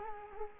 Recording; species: mosquito wingbeat signal from an infrared sensor; Culex quinquefasciatus